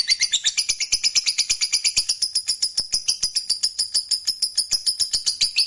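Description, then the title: Lovebird song with a steady, rapid series of high squeaky chirps forming one unbroken chattering stream. "Suara Lovebird Ini"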